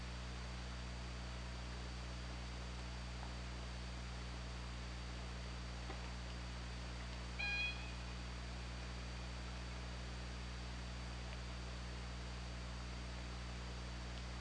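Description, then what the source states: Killer whale call: a single short, harmonic-rich tonal call midway through, set against continuous low hum and hiss. Picked up by an OrcaLab hydrophone on 24 August 2017, around 23:02.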